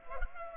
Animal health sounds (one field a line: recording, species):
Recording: mosquito wingbeat signal from an infrared sensor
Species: Culex pipiens